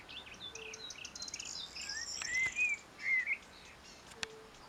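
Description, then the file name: Common blackbird singing two or three clear, fluty whistled phrases, preceded by faint high twittering from other birds. "Turdus merula"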